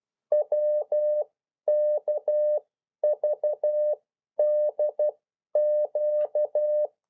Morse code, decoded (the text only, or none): WKVDQ